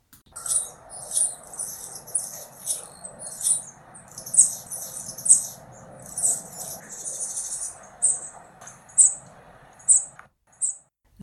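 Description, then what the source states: Anna's hummingbird singing, very high scratchy buzzy notes repeated about once a second in a dry sputtering series. Played as a mystery sound; in winter the species survives cold by entering torpor and depends on sugar-water feeders.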